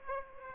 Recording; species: mosquito wingbeat signal from an infrared sensor; Aedes aegypti